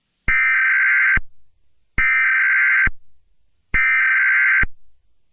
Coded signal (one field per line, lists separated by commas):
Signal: Emergency Alert System (SAME) tones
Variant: header bursts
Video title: An Abundance of Cutie Marks 2: The Return (EAS Scenario)